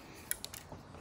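A bullet-ended harness wire is popped into the contact hole underneath a Model A horn, and it seats with a sharp metallic click at 0.3 s. Softer ticks follow at about 0.5, 0.6 and 0.7 s over a quiet background.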